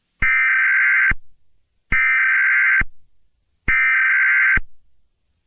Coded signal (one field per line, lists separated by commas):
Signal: Emergency Alert System (SAME) tones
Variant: header bursts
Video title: Specimen 9: An EAS Scenario in the US #easscenario #spookyjumpscaremansion